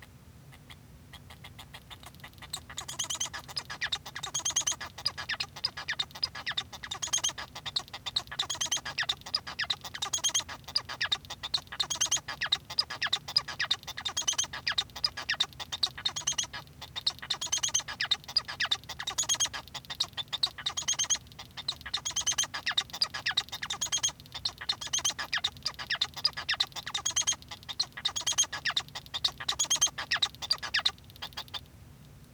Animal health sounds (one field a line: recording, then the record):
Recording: song of a male Bengalese finch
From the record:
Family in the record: son of father 1